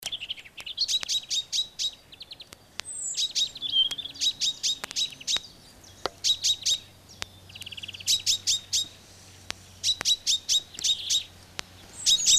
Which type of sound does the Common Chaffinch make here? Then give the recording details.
call. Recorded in the wild. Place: Kaiserslautern, Rheinland-Pfalz, DE. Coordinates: 49.44, 7.74917. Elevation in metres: 254. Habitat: garden. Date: 1986-03-29. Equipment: Uher 4000 Report, Sennheiser MKH 815 T. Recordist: Tretzel, Erwin